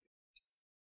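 A low-voltage DDR3L SO-DIMM memory module is inserted at 45 degrees into the memory slot of an Acer Aspire ES 15 ES1-531-C45U laptop and pressed down toward the motherboard. After a faint, soft tap near the start, one sharp, bright click sounds at 0.4 s and fades quickly. The side retention clips catch and the module is seated.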